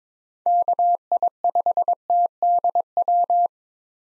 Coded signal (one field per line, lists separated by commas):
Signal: Morse code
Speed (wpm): 22 wpm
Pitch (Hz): 700 Hz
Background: none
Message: KI5TDW